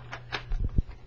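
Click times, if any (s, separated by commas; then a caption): none. A plastic airsoft magazine is handled at the magazine well of a Double Eagle M85 (G36) airsoft rifle, with short scraping contacts at about 0.1 and 0.4 s followed by low thumps of handling around 0.5 to 0.8 s. The clip ends before the magazine goes home, and nothing has seated or clicked yet.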